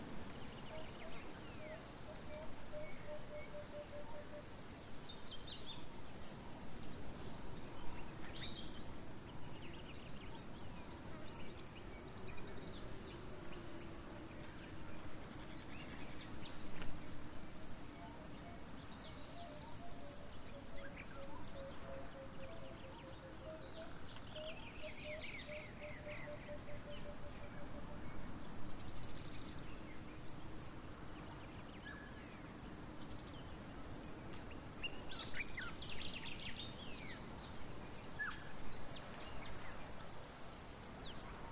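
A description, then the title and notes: Birds call over a steady low rumble of wind in open bush. High, sharp chirps come in brief clusters around 13, 20 and 25 seconds, with fainter calls scattered throughout, while a soft hum and murmur persist underneath. Relaxing Sounds Of The African Bush. Birds, wind an other wildlife.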